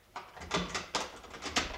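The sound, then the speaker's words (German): A spare key scrapes and clicks in a door lock as the door is unlocked, a quick run of metallic rattles and sharp clacks over about two seconds, with no voices. “Ich habe einen Zweitschlüssel zu der Tür.”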